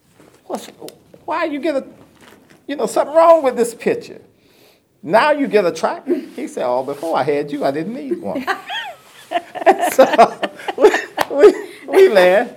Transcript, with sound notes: what–why you get–you know…something wrong with this picture!…Now you get a tractor?” He said, “Aw, before, I had you, I didn’t need one.” [laughter] So we, we, we laughed.